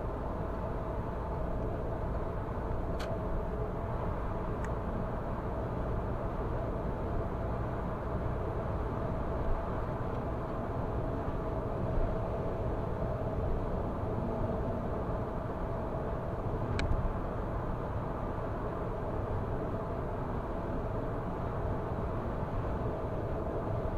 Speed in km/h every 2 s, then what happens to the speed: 99, 102, 104, 106, 108, 108, 107, 106, 106, 106, 106, 106.
0-10 speeds up to 108. 10-24 steady at about 106.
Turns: none.